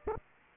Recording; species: mosquito wingbeat signal from an infrared sensor; Aedes aegypti